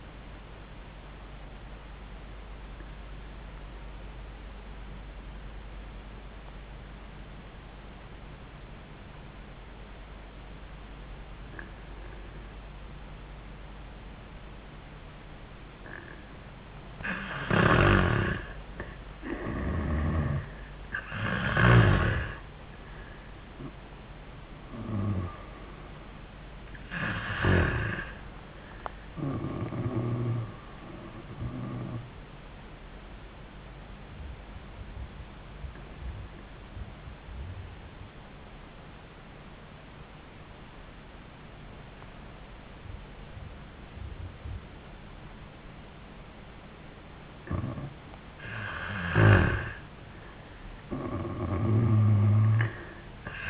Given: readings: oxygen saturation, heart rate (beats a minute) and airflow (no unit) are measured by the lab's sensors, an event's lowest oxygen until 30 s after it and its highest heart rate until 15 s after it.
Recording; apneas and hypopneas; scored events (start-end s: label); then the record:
breathing in sleep by a voice recorder at the bedside; 2
4.00-19.20 s: obstructive apnea (N1, oxygen 97% highest, then 83% lowest, heart rate 90 at the start, 90 highest)
32.00-48.40 s: obstructive apnea (N1, oxygen 97% highest, then 90% lowest, heart rate 80 at the start, 87 highest)
From the record:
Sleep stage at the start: N1 (lightest sleep); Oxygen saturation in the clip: 83 to 97%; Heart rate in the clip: 76 to 90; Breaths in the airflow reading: 5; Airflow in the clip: -11.6 to 5.8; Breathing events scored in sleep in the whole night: 400 in 8.7 hours asleep